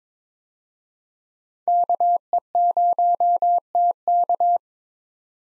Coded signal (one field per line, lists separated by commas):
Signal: Morse code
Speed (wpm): 22 wpm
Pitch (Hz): 700 Hz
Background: none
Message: KE0TK